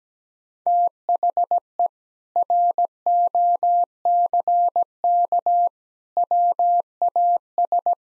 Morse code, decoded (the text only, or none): THE ROCK WAS